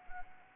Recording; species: mosquito wingbeat signal from an infrared sensor; Anopheles arabiensis